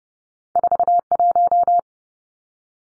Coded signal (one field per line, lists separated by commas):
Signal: Morse code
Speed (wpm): 30 wpm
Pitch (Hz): 700 Hz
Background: none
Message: 41